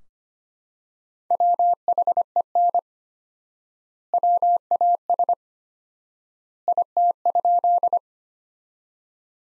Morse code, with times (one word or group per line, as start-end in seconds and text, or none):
1.3-2.8 WHEN
4.1-5.3 WAS
6.7-8.0 IT?